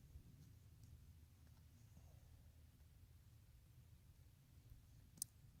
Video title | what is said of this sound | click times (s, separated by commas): LCARA HAM Radio: Vintage - Linked Di-pole Project Pt. 2!!!! | I heard a click. | 5.2 s